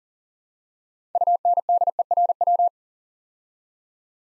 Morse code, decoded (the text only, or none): UNDERW